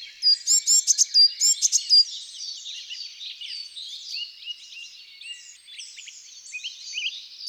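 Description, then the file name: Eurasian blue tit calling: a quick burst of sharp high chattering notes, then quieter, scattered high twittering. Recorded in a garden. "Mesange bleue"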